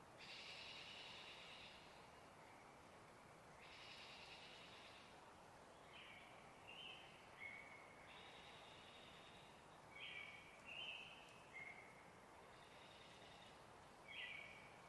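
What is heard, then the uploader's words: A steady, distant wash of running water fills the whole recording as an even low rush. Over it, a bird sings bright, buzzy phrases about every two or three seconds, some with short higher whistles. Evening At Trout Creek Campground. I arrived early in the morning of the 12th of May and set up near a still-water riparian area. There was plenty of distant water wash everywhere, from small rivers and streams to snowmelt runoff. The non-riparian portion of the forest here was filled with typical Cascades’ evergreens such as Douglas Fir, Spruce, and the like.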